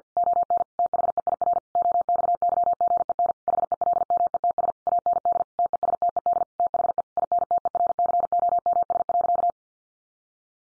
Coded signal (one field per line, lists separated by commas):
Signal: Morse code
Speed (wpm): 50 wpm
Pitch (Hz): 700 Hz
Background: none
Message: ON THEIR OXYGEN HELMETS AND TESTED THE INTERCOMS.